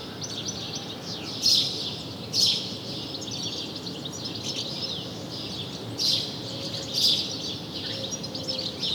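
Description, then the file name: House sparrow giving a few loud chirps in two pairs, separated by quieter twittering and a steady low hiss. "Passer domesticus"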